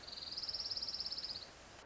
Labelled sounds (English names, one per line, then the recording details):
Orange-crowned Warbler
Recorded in Sonoma County, California